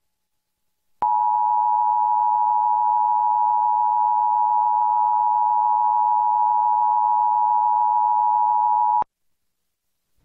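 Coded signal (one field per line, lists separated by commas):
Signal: Emergency Alert System (SAME) tones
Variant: 853 and 960 Hz attention tone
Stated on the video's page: Required Monthly Test captured on Xfinity cable, Xfinity X1, a Trilithic EASyPLUS unit and several broadcast television stations.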